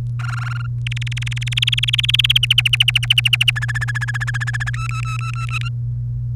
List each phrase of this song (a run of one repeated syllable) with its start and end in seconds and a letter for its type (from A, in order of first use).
0.20-0.66 A, 0.86-2.38 B, 2.43-3.51 C, 3.56-4.70 D, 4.75-5.68 E, 6.35-6.35 F